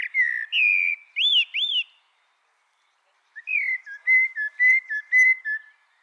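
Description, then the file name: Common blackbird song: a mellow, fluty whistled phrase with rising and falling notes, a pause, then a looser string of whistles and short twitters. "Turdus merula"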